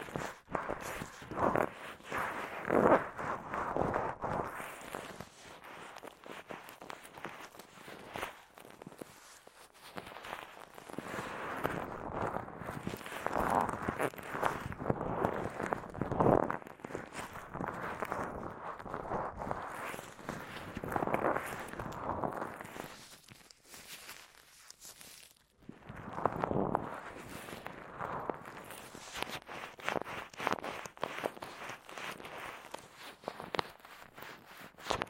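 Gloves rub and press against an ear in a continuous massage, a dense, muffled scrubbing with soft crackles and brushing strokes. The rubbing swells and eases in waves, briefly stopping around 25 seconds before starting again, steady and close-textured throughout.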